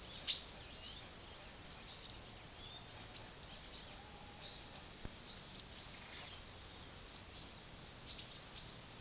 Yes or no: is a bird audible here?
yes